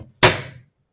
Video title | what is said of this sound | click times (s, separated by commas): How to use and clean a washer/dryer | When you're done with that, push it. And you want to make sure it clicks. | 0.2 s